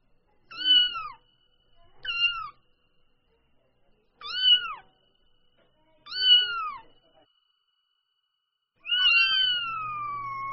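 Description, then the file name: Domestic cat: kitten meowing: four short, high, falling mews about every two seconds, then a longer drawn-out cry that slides downward and trails off. Newborn kitten calling. "Tieng meo con moi de keu"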